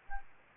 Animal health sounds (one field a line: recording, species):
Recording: mosquito wingbeat signal from an infrared sensor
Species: Aedes albopictus